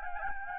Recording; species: mosquito wingbeat signal from an infrared sensor; Anopheles gambiae